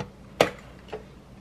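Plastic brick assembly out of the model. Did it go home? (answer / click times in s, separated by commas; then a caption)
released / 0.4 s. A plastic brick assembly is snapped out of a Lego 75932 Jurassic Park Velociraptor Chase model, releasing it. A sharp tick sounds at 0.4 s, followed by a fainter, softer tick near 0.9 s.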